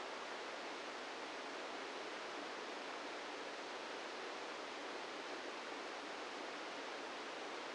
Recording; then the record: brain microelectrode recording played as sound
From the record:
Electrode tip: outside the subthalamic nucleus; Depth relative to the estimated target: 1 mm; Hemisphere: right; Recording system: NeuroSet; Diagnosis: Parkinson's disease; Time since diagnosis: 17 years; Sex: male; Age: 64 years